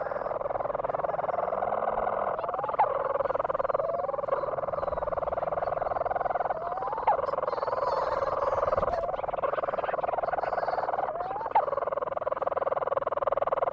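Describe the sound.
Leach's storm-petrel giving a long, continuous buzzy purr, interrupted roughly every four seconds by a short rising squeak before the churring resumes.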